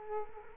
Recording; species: mosquito wingbeat signal from an infrared sensor; Culex quinquefasciatus